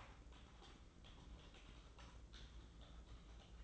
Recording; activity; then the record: daily activity, microphone in the room; typing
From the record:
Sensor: 3